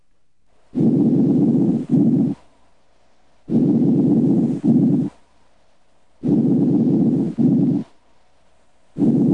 Normal breath sounds, mid-lung. Normal breath sounds, heard over other chest wall areas, are transmitted through lung tissue and the chest wall. They are produced by changes in airflow patterns. These normal breath sounds are quieter than tracheal and mainstem bronchi breath sounds.